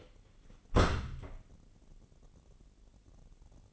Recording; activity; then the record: daily activity, microphone in the room; close door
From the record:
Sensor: 4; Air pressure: 999.2 hPa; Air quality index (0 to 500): 114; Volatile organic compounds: 2 ppm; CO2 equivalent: 1132 ppm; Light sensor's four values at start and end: 12/28/11/12 and 12/28/11/12